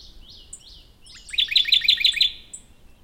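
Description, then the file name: Radde's warbler singing a short phrase: a few soft high notes, then a quick run of about six loud, downslurred notes, evenly spaced and lasting under a second. "warbler-radde -Phylloscopus-schwarzi"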